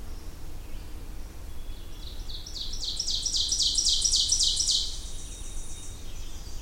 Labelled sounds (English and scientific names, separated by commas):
Ovenbird (Seiurus aurocapilla) song